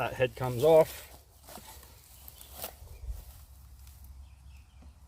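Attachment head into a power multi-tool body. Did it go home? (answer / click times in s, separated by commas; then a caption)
no / none. Someone talks briefly at the start, then an attachment head is handled against the body of an Ego cordless multi-tool, with a few light taps around 2.3 and 2.4 seconds and faint knocks near 3.9 and 4.1 seconds over low background noise. Nothing has seated or clicked yet.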